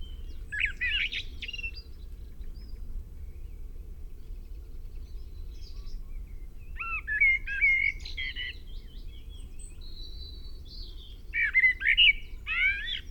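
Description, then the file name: Common blackbird song in several bursts of low warbled whistles and higher scratchy twitters, with a thin high whistle between phrases and a steady low hum beneath. "Turdus merula"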